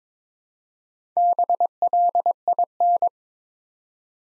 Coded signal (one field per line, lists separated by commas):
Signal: Morse code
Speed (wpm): 22 wpm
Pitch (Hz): 700 Hz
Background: none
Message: BLIN